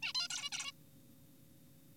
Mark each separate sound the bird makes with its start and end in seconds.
0.02-0.13, 0.15-0.28, 0.30-0.50, 0.52-0.72